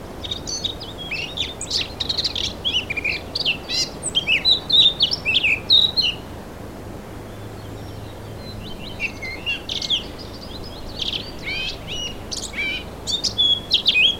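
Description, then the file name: Eurasian blackcap delivering bursts of quick, varied high chirps and twitters in two phrases separated by a short pause, with steady background hiss. "Sylvia atricapilla"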